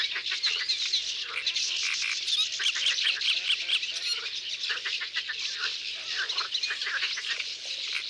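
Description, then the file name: Common starling chatter, a constant mass of squeaks, rattling clicks and thin whistles from many birds at once. Several birds recorded in Isère, France. "Etourneaux sansonnets Concerts naturels de l Isere Studio Les Trois Becs"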